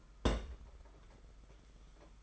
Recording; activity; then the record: daily activity, microphone in the room; place on stove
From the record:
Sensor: 5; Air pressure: 991.3 hPa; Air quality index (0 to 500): 91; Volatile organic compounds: 11 ppm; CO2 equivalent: 2286 ppm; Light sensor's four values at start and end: 32/103/39/42 and 32/103/40/42